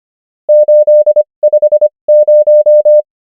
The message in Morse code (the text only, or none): 850